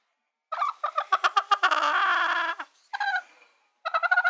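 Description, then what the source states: Chicken with quick staccato squawks that swell into one long grating scream, then a few more short harsh calls after a pause. Chicken giving distress calls.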